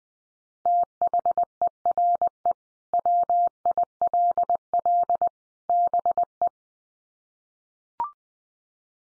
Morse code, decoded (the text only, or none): THERE WILL BE